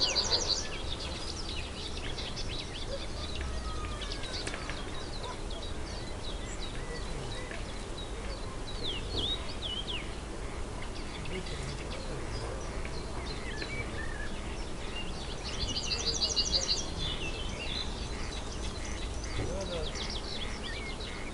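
Serene woodland noises: birds chirp and trill throughout over a steady low rumble, with quick bright calls clustered near the start and a louder burst of rapid chirping around sixteen to seventeen seconds. Fainter whistles and scattered calls fill the gaps in between.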